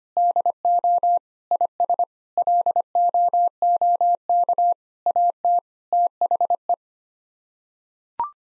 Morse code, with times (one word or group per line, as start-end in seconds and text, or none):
0.2-1.2 DO
1.5-2.0 IS
2.4-4.7 LOOK
5.1-5.6 AT
5.9-6.7 THE